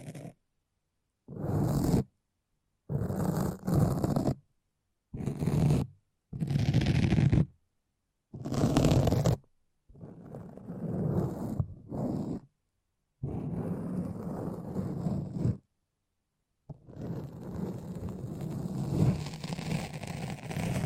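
Sticky, foamy squelching and scraping comes in short bursts of about a second, separated by brief silences, through the first ten seconds. After that the rubbing stretches into longer, steadier passes of several seconds each, with a gritty, crackling texture.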